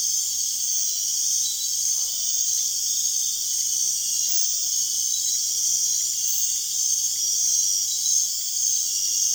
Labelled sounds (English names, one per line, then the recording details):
none
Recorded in dense forest near Puerto Asís, Putumayo, Colombia, on 22 June 2025 at 19:30
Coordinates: 0.466, -76.327
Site GP04